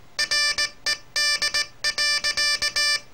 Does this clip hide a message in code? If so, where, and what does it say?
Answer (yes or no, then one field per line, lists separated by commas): yes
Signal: Morse code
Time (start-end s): 0.2-3.0 s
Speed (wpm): 18 wpm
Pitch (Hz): 1750 Hz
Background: music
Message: RED.